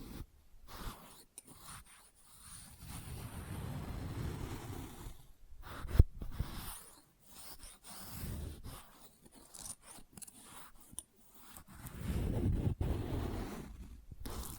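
Test tube triggers come through as muffled, low rushing swells, like air or wind, rising and fading in bursts of one to three seconds separated by brief silences. A single sharp tap lands around six seconds, and a fuller swell builds near the end.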